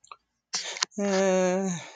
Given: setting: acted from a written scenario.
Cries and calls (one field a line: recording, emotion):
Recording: vocal sound without words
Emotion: fear